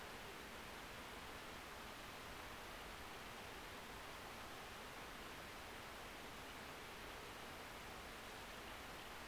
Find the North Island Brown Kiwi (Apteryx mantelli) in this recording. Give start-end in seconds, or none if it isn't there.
none